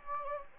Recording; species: mosquito wingbeat signal from an infrared sensor; Anopheles gambiae